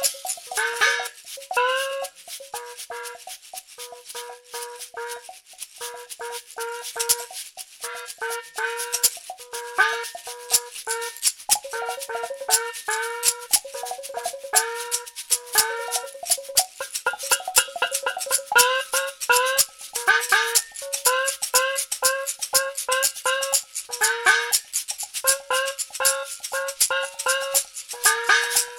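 Chinese gongs and cowbells struck in quick, busy patterns, their ringing pitched tones clattering over bright metallic clicks throughout the whole passage.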